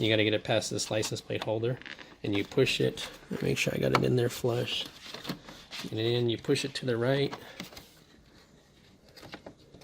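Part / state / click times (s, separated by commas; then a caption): LED license plate light housing into rear bumper recess / not seated / none. Someone talks while an LED license plate light housing is worked past the license plate holder and pushed to the right toward its opening in the rear bumper trim of a BMW E60 M5, with a few faint handling knocks near the end. The clip ends before the housing goes home; nothing has seated or clicked yet.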